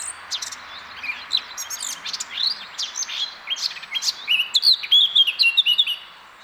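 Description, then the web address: Eurasian blackcap delivering a lively, twittering warble that builds into a string of loud, clear fluty whistles before it stops. "SETE Sylvia atricapilla"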